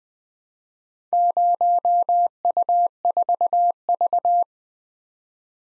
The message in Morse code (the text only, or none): 0U4V